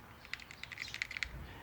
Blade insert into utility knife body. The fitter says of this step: push in the button it goes in one click but you need to go into the second one and it locks into place there very easily